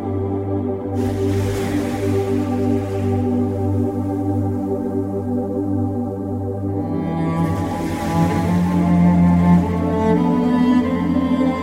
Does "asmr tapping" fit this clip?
no